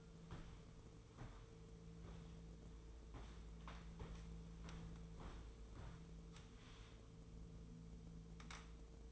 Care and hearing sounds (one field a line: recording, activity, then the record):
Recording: daily activity, microphone in the room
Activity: walk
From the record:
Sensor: 1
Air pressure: 1005.5 hPa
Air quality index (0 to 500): 123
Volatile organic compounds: 5 ppm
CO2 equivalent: 1717 ppm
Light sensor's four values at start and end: 11/27/11/11 and 11/27/11/12